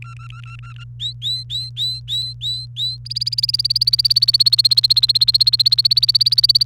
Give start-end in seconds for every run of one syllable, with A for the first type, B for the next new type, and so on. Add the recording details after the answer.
0.02-0.84 A, 1.00-2.97 B, 3.05-6.65 C. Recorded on 29 April 2018 at 13:00. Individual llb3